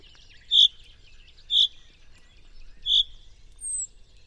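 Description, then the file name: Common chaffinch giving three short, clear call notes at uneven intervals, followed by a thin, high, falling whistle. "Fringilla coelebs"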